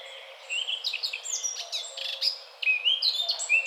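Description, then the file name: Eurasian blackcap song: a rich, varied warble of fast whistled and scratchy notes, mostly high-pitched, running throughout with one short pause. "Sylvia atricapilla"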